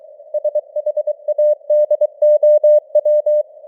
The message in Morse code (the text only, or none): SHADOW